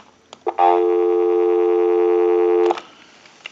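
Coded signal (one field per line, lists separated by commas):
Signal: telephone call progress tone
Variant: North America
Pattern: dial tone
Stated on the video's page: Tones heard during initial checkout and repair of an ITT rotary dial Trimline telephone.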